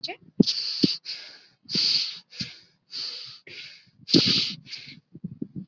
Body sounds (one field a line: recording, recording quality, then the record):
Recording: shallow breathing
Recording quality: excellent, no background noise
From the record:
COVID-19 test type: RT-PCR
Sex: male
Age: 31 years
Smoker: no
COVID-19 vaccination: both doses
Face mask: worn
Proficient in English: yes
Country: India